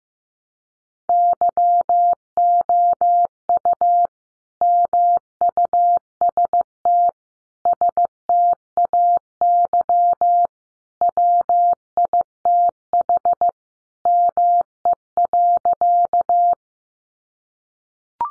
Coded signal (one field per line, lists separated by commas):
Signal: Morse code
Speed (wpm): 15 wpm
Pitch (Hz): 700 Hz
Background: none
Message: YOU MUST STAY WITH ME.